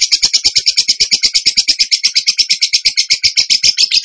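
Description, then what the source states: Bird song: loud, shrill chattering trill of rapidly repeated notes filling the whole four seconds. Bird singing actively (gacor) in the tembakan song style, from a masteran (training) recording.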